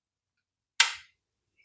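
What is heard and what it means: A part is pushed into its mount during reassembly of a 2025 BMW G60 that burned completely to the ground. A single sharp, bright click sounds at 0.8 s and fades within about a quarter second, showing the part has seated in place.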